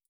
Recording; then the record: hydrophone in a shrimp aquaculture tank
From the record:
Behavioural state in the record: feeding